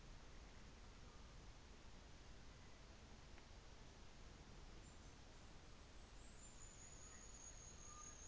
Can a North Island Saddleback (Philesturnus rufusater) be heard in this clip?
no